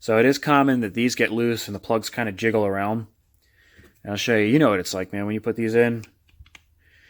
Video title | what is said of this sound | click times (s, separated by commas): Check this to make your quad or dirt bike run better! | get that nice positive click. | 6.5 s